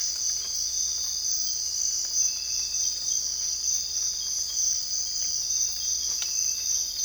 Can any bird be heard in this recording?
no